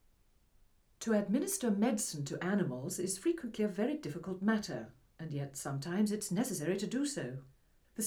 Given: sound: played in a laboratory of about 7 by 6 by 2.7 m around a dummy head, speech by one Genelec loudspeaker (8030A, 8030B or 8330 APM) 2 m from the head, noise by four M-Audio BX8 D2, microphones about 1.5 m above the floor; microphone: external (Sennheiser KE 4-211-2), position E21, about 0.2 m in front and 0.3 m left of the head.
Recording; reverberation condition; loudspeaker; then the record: female speech in English; low; 90 degrees to the left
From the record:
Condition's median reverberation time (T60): about 310 ms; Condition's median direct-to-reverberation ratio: about 3.5 dB